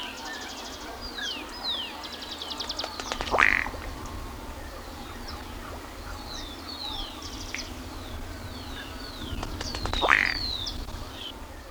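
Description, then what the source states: Andean ruddy duck giving a rapid series of dry ticking clicks that end in a short, sharp call, heard twice about seven seconds apart, with other birds calling faintly behind. Recorded in Ecuador.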